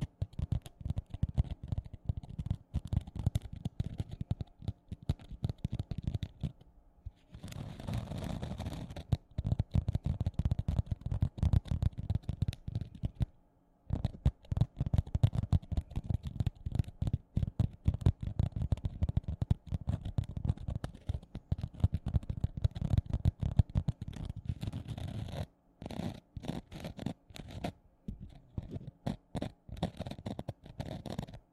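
A sponge scratches and rubs in rapid strokes, dense and gritty, pausing briefly near 7, 13 and 26 seconds.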